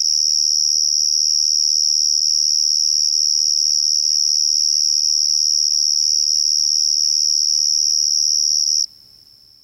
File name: Carolina Ground Cricket